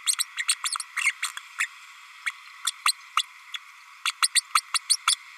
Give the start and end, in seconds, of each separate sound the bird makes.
0.06-0.15, 0.18-0.25, 0.36-0.44, 0.48-0.54, 0.96-1.12, 1.22-1.28, 1.58-1.67, 2.26-2.31, 2.66-2.71, 2.85-2.92, 3.17-3.23, 3.54-3.58, 4.05-4.11, 4.22-4.28, 4.35-4.41, 4.54-4.61, 4.74-4.78, 4.89-4.97, 5.07-5.16